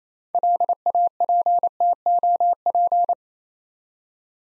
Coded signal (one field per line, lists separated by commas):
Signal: Morse code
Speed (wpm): 28 wpm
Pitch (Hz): 700 Hz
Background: none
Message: LAPTOP